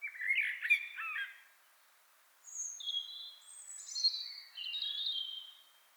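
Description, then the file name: Common blackbird song: a low, mellow warbled phrase, a pause, then thin, squeaky high twittering notes. "Turdus merula"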